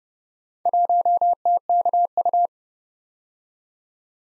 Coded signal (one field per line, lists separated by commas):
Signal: Morse code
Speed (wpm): 31 wpm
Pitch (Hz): 700 Hz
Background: none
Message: 1TKU